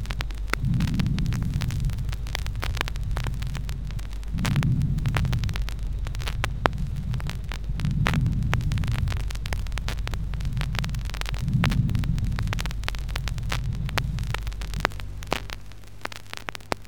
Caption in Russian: Визикулярное дыхание – это нормальное физиологическое дыхание. Более грубый оттенок визикулярного дыхания носит название жесткого дыхания.